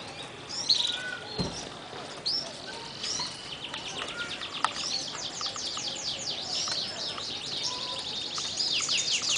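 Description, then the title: Bar-winged prinia song: a long, fast series of repeated high chirps running for several seconds, with a few thin whistles and a dull knock near the start. "BM Suara Burung Ciblek"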